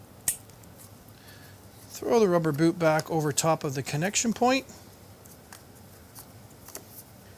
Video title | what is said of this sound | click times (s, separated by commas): I'm in the shop - D-Spec & GET ECU Install - SnowBike | Make sure it clicks. | 0.3 s